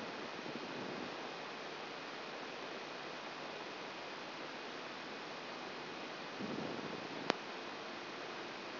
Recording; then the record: brain microelectrode recording played as sound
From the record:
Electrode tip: outside the subthalamic nucleus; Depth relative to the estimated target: 2 mm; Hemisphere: right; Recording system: AlphaMap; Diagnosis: Parkinson's disease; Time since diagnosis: 24 years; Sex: female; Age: 57 years